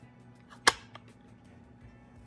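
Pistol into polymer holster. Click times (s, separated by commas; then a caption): 0.7 s. A pistol fitted with an X Macro grip module is pushed into a polymer holster again and snaps into the retention with a sharp, bright click at 0.7 s, followed by a faint tick about 0.3 s later. It is seated in the holster's retention, held in place with a nice firm click.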